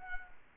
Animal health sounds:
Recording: mosquito wingbeat signal from an infrared sensor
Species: Culex quinquefasciatus

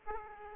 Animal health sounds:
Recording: mosquito wingbeat signal from an infrared sensor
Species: Aedes aegypti

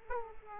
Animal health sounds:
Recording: mosquito wingbeat signal from an infrared sensor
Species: Aedes aegypti

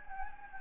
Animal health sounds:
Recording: mosquito wingbeat signal from an infrared sensor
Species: Anopheles gambiae

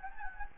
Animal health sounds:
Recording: mosquito wingbeat signal from an infrared sensor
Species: Anopheles gambiae

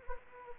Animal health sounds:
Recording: mosquito wingbeat signal from an infrared sensor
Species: Anopheles gambiae

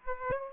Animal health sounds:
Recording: mosquito wingbeat signal from an infrared sensor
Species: Aedes aegypti

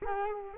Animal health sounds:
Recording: mosquito wingbeat signal from an infrared sensor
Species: Culex quinquefasciatus

